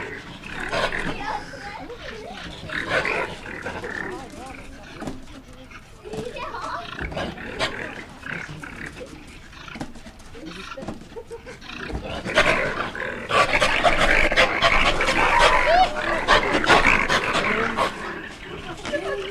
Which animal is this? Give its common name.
Wolverine